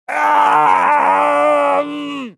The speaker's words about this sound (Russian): Столь наполненного страданиями крика мне не доводилось слышать никогда. И все дело в яде ветвей Дриалы.